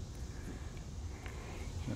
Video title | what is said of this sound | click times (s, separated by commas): The Family Plot - June 2, 2018 | Push it in till it clicks. | 1.3 s